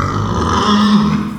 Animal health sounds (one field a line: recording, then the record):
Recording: squeal of a Yucatan mini pig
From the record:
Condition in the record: after surgery on the right vocal fold (resection and tissue-engineered implant)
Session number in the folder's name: 15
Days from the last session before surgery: 175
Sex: female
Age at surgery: 19 weeks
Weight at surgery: 25 kg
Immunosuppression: prednisolone